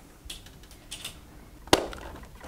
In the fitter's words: the cable cover just snaps into place